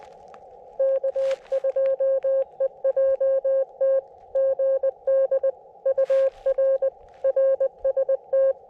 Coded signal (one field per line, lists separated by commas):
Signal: Morse code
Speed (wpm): 20 wpm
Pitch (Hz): 540 Hz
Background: none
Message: K2EJT GD UR RST